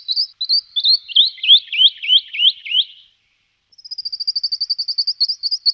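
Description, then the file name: Western rock nuthatch calls: a series of high upslurred notes descending slightly in pitch, a brief pause, then a faster, rapid trill of high notes. "brhlík skalní"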